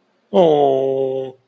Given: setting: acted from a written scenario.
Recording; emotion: vocal sound without words; adoration